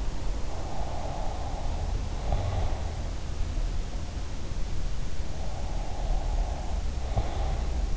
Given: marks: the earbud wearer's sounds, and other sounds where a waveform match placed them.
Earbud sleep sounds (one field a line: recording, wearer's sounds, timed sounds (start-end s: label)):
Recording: sounds in sleep by an in-ear microphone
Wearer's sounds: breath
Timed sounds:
0.67-3.06 s: breath
5.46-7.97 s: breath